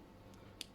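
A Dior Addict lipstick cap is snapped shut onto its lipstick case, with a faint soft tick at about 0.3 s and then a sharp, bright click at 0.6 s as the cap seats closed.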